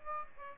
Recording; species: mosquito wingbeat signal from an infrared sensor; Aedes aegypti